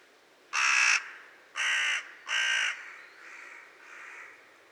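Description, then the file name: Carrion crow calling a series of three loud, harsh caws about a second apart, then two fainter caws fading away. "Corvus corone"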